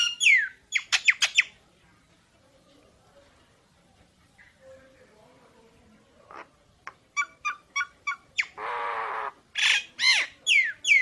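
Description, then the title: Nias hill myna song: loud falling whistles, a quiet spell, then sharp repeated notes, a harsh rasp and loud descending whistles. Energetic 'gacor' singing with a very loud 'super gledek' voice, used as master material for tutoring songbirds. "Burung Jalak Nias Gacor Suara Super Gledek Untuk Masteran"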